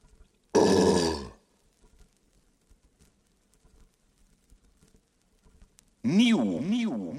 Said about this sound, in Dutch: Ik moet er een grote boer van laten.